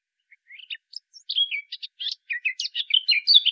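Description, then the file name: Eurasian blackcap song: soft, scratchy chattering notes that build into louder, rapid whistled and warbled phrases, rising and falling, over about three seconds. "Sylvia atricapilla"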